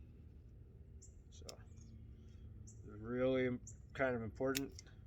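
While rebuilding the waterproof plastic wiring connector plug for the wastegate control solenoid on a 2000 F350, the terminal keeper that holds the terminals is handled and pushed in by hand. A few faint handling ticks sound around 1.0 to 1.8 seconds, and someone talks. The keeper has not seated or clicked into place yet.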